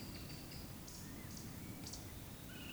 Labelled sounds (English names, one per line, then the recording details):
Eurasian Woodcock whistle
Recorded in Baden-Württemberg, Germany, on 12 June 2020 at 19:42 UTC
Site 43738, 650 m above sea level